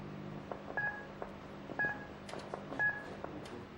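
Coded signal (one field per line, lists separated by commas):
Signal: speaking clock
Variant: Telecom Australia speaking clock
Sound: three short high pips a second apart over clicks and a low hum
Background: clicks and low hum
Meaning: The third pip marks the exact announced time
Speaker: the third stroke it will be 12:00 precisely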